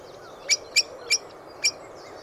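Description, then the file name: Eurasian blackbird calls: four sharp, high ticking notes, the first three evenly spaced and the last after a short pause. Soft background bird twittering. "Turdus merula"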